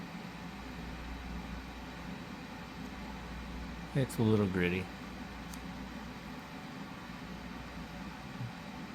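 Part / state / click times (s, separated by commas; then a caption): folding knife blade into its handle detent / seated / 5.5 s. The blade of a new folding knife is worked and snaps into its detent position in the handle at 5.5 seconds with a short, crisp click over a steady background hiss. Someone talks around 4 to 5 seconds. The blade seats with a good, firm snap.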